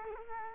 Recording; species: mosquito wingbeat signal from an infrared sensor; Culex quinquefasciatus